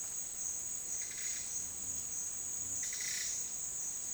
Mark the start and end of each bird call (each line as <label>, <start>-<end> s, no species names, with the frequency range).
bird call (1.4-7.8 kHz), 0.96-1.46 s
bird call (1.1-8.8 kHz), 2.75-3.31 s